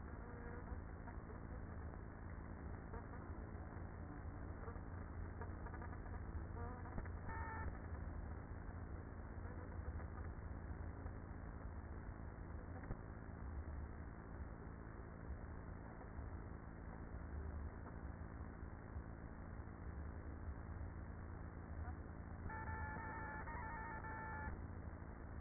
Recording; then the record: honeybee colony, microphone inside the hive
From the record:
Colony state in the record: queenless with a low population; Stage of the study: after two queens were removed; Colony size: about 30,000 bees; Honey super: no